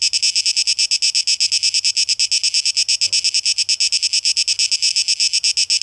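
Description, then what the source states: Cicada song: loud, high, rhythmic buzzing in quick, regular pulses, steady from start to finish. Recorded 12 August 2023; tape echo mix.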